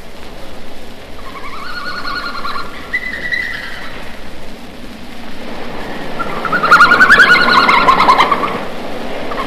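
Red panda giving thin, tonal squealing notes, then a louder rapid twittering trill.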